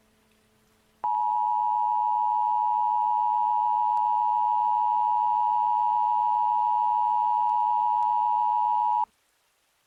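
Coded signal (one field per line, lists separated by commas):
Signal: Emergency Alert System (SAME) tones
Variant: 853 and 960 Hz attention tone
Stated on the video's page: Fictional EAS scenario recreation, not a real alert.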